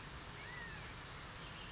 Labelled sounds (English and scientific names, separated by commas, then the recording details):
California Quail (Callipepla californica)
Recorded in Sonoma County, California